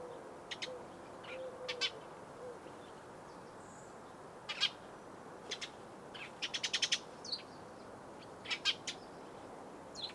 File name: mezei vereb hangja